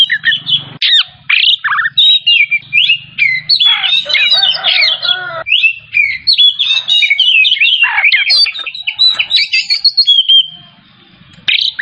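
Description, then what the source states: Oriental magpie-robin song of fast varied phrases, chatter and whistles, continuing for most before a short silence and a final phrase. Kacer Tretes variety, singing vigorously in the gacor style.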